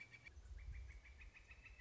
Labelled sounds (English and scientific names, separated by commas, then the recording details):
Northern Flicker (Colaptes auratus)
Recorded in Sonoma County, California